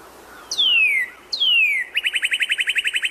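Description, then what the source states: Northern cardinal singing two clear descending whistled slurs followed by a rapid, regular run of short beeping notes. Springtime song, likened to a car alarm with repeated beeps.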